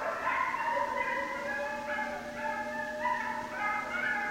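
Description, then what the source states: Coyotes howling together, several long wavering tones overlapping and shifting pitch in steps, with a faint low hum beneath. Several coyotes, 6 January 2013.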